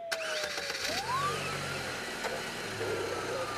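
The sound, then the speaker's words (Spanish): A car engine revs and pulls away, its pitch sweeping upward after a sharp start, then settling into a steady, loud mid-range drone with a low rumble underneath. “¡Arranca!”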